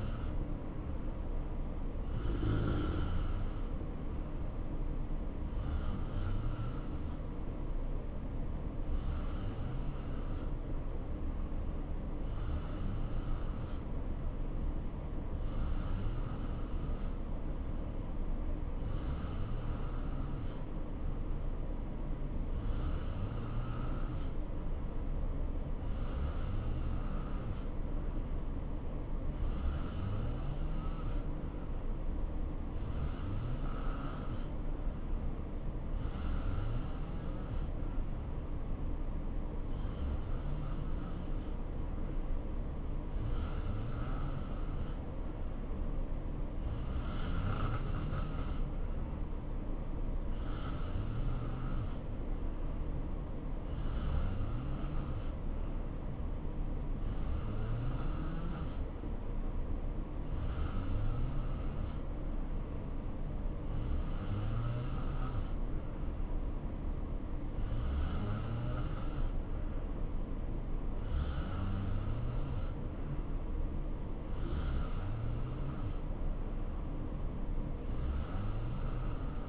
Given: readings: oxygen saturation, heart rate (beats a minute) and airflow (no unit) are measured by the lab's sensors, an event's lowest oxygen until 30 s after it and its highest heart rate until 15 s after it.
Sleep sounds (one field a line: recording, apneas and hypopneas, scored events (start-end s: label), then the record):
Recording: breathing in sleep by a smartphone at the bedside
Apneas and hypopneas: 1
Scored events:
10.00-68.00 s: hypopnea (N2, oxygen 90% highest, then 87% lowest, heart rate 67 at the start, 69 highest)
From the record:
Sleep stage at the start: N2 (light sleep)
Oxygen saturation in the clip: 87 to 90%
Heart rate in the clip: 62 to 69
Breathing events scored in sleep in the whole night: 277 in 7.4 hours asleep